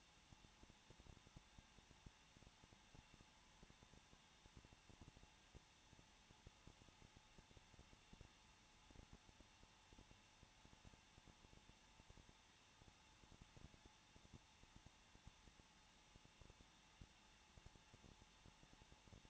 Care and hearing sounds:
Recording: daily activity, microphone in the room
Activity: no activity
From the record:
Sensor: 1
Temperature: 20.1 degrees Celsius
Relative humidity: 39.4%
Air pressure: 1006.4 hPa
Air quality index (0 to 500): 219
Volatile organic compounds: 83 ppm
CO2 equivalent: 3628 ppm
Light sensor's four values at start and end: 1/2/1/1 and 1/2/1/1

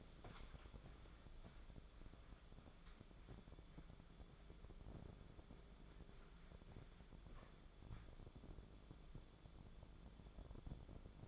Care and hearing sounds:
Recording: daily activity, microphone in the room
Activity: walk to room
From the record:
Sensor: 5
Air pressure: 1010.5 hPa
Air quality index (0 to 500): 112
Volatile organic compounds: 2 ppm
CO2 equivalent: 1098 ppm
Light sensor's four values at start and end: 429/1115/459/530 and 449/1173/481/557

